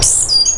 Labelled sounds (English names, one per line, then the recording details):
Stitchbird song
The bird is a male
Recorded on Tiritiri Matangi Island, New Zealand, in 2005
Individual 12, of nest box 16